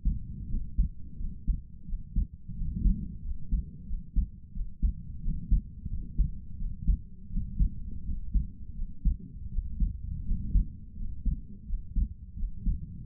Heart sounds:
heart sounds by stethoscope; 86 bpm
0.46 s: heartbeat
1.16 s: heartbeat
1.84 s: heartbeat
2.53 s: heartbeat
3.20 s: heartbeat
3.85 s: heartbeat
4.51 s: heartbeat
5.20 s: heartbeat
5.87 s: heartbeat
6.56 s: heartbeat
7.28 s: heartbeat
8.03 s: heartbeat
8.73 s: heartbeat
9.49 s: heartbeat
10.23 s: heartbeat
10.94 s: heartbeat
11.65 s: heartbeat
12.35 s: heartbeat
13.04 s: heartbeat
From the record:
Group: healthy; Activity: rest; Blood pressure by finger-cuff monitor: 87/65 mmHg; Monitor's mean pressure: 69 mmHg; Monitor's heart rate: 82 bpm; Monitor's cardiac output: 5 L/min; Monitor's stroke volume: 62 mL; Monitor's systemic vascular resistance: 870 dyn s/cm5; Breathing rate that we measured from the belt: 24 breaths a minute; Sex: male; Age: 22 years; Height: 181 cm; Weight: 60 kg

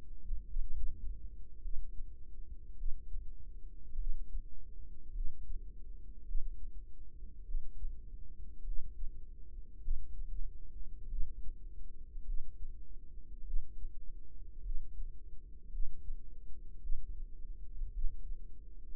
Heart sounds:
heart sounds by microphone in the right ear; 52 bpm
0.47 s: heartbeat
1.62 s: heartbeat
2.76 s: heartbeat
3.98 s: heartbeat
5.13 s: heartbeat
6.25 s: heartbeat
7.45 s: heartbeat
8.64 s: heartbeat
9.81 s: heartbeat
11.09 s: heartbeat
12.25 s: heartbeat
13.44 s: heartbeat
14.63 s: heartbeat
15.71 s: heartbeat
16.80 s: heartbeat
17.92 s: heartbeat
18.91 s: heartbeat
From the record:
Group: healthy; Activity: rest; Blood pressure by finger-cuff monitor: 101/62 mmHg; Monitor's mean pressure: 75 mmHg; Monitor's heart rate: 52 bpm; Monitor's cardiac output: 4.7 L/min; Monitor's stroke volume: 92 mL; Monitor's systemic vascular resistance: 1160 dyn s/cm5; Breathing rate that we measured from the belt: 18 breaths a minute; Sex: female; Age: 28 years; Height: 170 cm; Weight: 77 kg

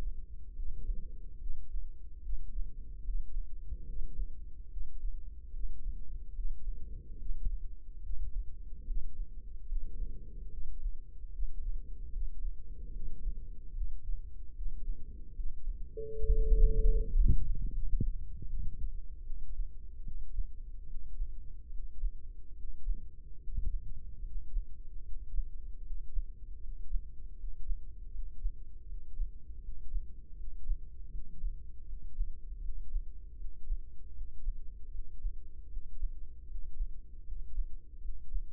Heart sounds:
heart sounds by microphone in the left ear; 75 bpm
0.54 s: heartbeat
1.38 s: heartbeat
2.20 s: heartbeat
3.03 s: heartbeat
3.84 s: heartbeat
4.68 s: heartbeat
5.51 s: heartbeat
6.33 s: heartbeat
7.17 s: heartbeat
8.01 s: heartbeat
8.85 s: heartbeat
9.66 s: heartbeat
10.49 s: heartbeat
11.30 s: heartbeat
12.10 s: heartbeat
12.91 s: heartbeat
13.72 s: heartbeat
14.53 s: heartbeat
15.33 s: heartbeat
16.14 s: heartbeat
16.95 s: heartbeat
17.71 s: heartbeat
18.47 s: heartbeat
19.23 s: heartbeat
20.03 s: heartbeat
20.87 s: heartbeat
21.70 s: heartbeat
22.55 s: heartbeat
23.39 s: heartbeat
24.22 s: heartbeat
25.03 s: heartbeat
25.82 s: heartbeat
26.60 s: heartbeat
27.35 s: heartbeat
28.11 s: heartbeat
28.86 s: heartbeat
29.60 s: heartbeat
30.36 s: heartbeat
31.10 s: heartbeat
31.85 s: heartbeat
32.60 s: heartbeat
33.36 s: heartbeat
34.13 s: heartbeat
34.91 s: heartbeat
35.69 s: heartbeat
36.46 s: heartbeat
37.24 s: heartbeat
38.01 s: heartbeat
From the record:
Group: healthy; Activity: rest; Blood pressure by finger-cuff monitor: 100/73 mmHg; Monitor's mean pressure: 81 mmHg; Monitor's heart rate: 75 bpm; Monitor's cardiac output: 5.6 L/min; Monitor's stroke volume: 74 mL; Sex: female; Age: 32 years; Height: 172 cm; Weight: 71.7 kg

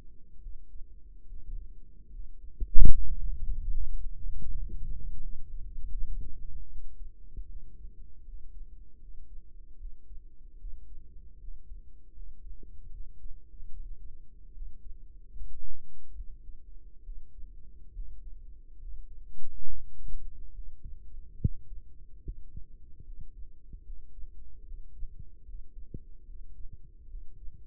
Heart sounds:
heart sounds by microphone in the right ear; 74 bpm
0.40 s: heartbeat
1.26 s: heartbeat
2.09 s: heartbeat
2.91 s: heartbeat
3.71 s: heartbeat
4.47 s: heartbeat
5.20 s: heartbeat
5.91 s: heartbeat
6.67 s: heartbeat
7.47 s: heartbeat
8.24 s: heartbeat
8.99 s: heartbeat
9.77 s: heartbeat
10.57 s: heartbeat
11.38 s: heartbeat
12.13 s: heartbeat
12.90 s: heartbeat
13.70 s: heartbeat
14.52 s: heartbeat
15.31 s: heartbeat
16.13 s: heartbeat
17.02 s: heartbeat
17.92 s: heartbeat
18.78 s: heartbeat
19.64 s: heartbeat
20.52 s: heartbeat
21.37 s: heartbeat
22.22 s: heartbeat
23.03 s: heartbeat
23.83 s: heartbeat
24.64 s: heartbeat
25.44 s: heartbeat
26.25 s: heartbeat
27.07 s: heartbeat
From the record:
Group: healthy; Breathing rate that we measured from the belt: 18 breaths a minute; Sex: male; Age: 35 years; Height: 178 cm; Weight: 64 kg

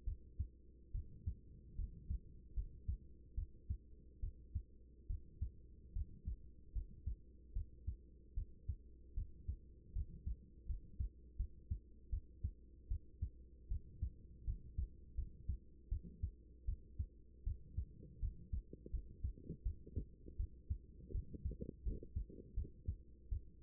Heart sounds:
heart sounds by stethoscope; 77 bpm
0.04 s: heartbeat
0.91 s: heartbeat
1.75 s: heartbeat
2.53 s: heartbeat
3.34 s: heartbeat
4.20 s: heartbeat
5.07 s: heartbeat
5.93 s: heartbeat
6.72 s: heartbeat
7.53 s: heartbeat
8.34 s: heartbeat
9.14 s: heartbeat
9.92 s: heartbeat
10.66 s: heartbeat
11.36 s: heartbeat
12.09 s: heartbeat
12.88 s: heartbeat
13.68 s: heartbeat
14.44 s: heartbeat
15.15 s: heartbeat
15.89 s: heartbeat
16.65 s: heartbeat
17.43 s: heartbeat
18.19 s: heartbeat
18.90 s: heartbeat
19.63 s: heartbeat
20.36 s: heartbeat
21.11 s: heartbeat
21.83 s: heartbeat
22.54 s: heartbeat
23.29 s: heartbeat
From the record:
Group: healthy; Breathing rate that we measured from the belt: 15 breaths a minute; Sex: female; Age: 24 years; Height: 163 cm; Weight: 55.7 kg

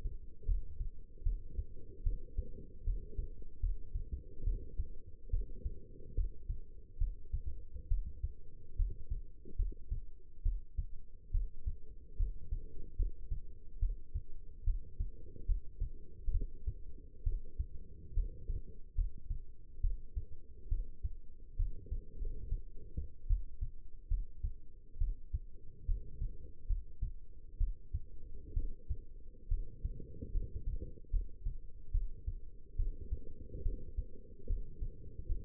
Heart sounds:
heart sounds by stethoscope; 71 bpm
0.46 s: heartbeat
1.23 s: heartbeat
2.03 s: heartbeat
2.84 s: heartbeat
3.60 s: heartbeat
4.44 s: heartbeat
5.30 s: heartbeat
6.15 s: heartbeat
6.98 s: heartbeat
7.88 s: heartbeat
8.76 s: heartbeat
9.56 s: heartbeat
10.43 s: heartbeat
11.31 s: heartbeat
12.17 s: heartbeat
12.96 s: heartbeat
13.79 s: heartbeat
14.64 s: heartbeat
15.46 s: heartbeat
16.31 s: heartbeat
17.23 s: heartbeat
18.14 s: heartbeat
18.95 s: heartbeat
19.81 s: heartbeat
20.69 s: heartbeat
21.56 s: heartbeat
22.19 s: heartbeat
23.27 s: heartbeat
24.08 s: heartbeat
24.98 s: heartbeat
25.85 s: heartbeat
26.67 s: heartbeat
27.58 s: heartbeat
28.54 s: heartbeat
29.48 s: heartbeat
30.31 s: heartbeat
31.10 s: heartbeat
31.91 s: heartbeat
32.76 s: heartbeat
33.63 s: heartbeat
34.47 s: heartbeat
35.26 s: heartbeat
From the record:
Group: healthy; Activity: rest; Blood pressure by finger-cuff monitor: 137/79 mmHg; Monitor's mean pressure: 97 mmHg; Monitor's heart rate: 71 bpm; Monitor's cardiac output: 6.5 L/min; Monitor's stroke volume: 91 mL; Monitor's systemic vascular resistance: 1080 dyn s/cm5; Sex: female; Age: 22 years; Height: 171 cm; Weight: 65.6 kg

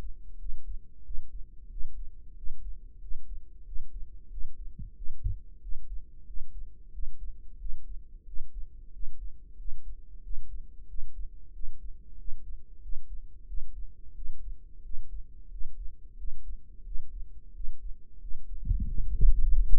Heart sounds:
heart sounds by microphone in the right ear; 91 bpm
0.40 s: heartbeat
1.06 s: heartbeat
1.72 s: heartbeat
2.38 s: heartbeat
3.02 s: heartbeat
3.67 s: heartbeat
4.32 s: heartbeat
4.97 s: heartbeat
5.63 s: heartbeat
6.28 s: heartbeat
6.94 s: heartbeat
7.60 s: heartbeat
8.27 s: heartbeat
8.94 s: heartbeat
9.59 s: heartbeat
10.24 s: heartbeat
10.89 s: heartbeat
11.55 s: heartbeat
12.19 s: heartbeat
12.83 s: heartbeat
13.48 s: heartbeat
14.16 s: heartbeat
14.85 s: heartbeat
15.52 s: heartbeat
16.19 s: heartbeat
16.86 s: heartbeat
17.55 s: heartbeat
18.22 s: heartbeat
18.89 s: heartbeat
19.54 s: heartbeat
From the record:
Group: healthy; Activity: rest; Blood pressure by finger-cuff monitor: 149/80 mmHg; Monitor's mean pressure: 98 mmHg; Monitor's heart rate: 91 bpm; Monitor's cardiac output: 7.7 L/min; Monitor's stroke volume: 84 mL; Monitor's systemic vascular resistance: 950 dyn s/cm5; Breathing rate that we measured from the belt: 19 breaths a minute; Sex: male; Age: 21 years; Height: 175 cm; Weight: 72.6 kg

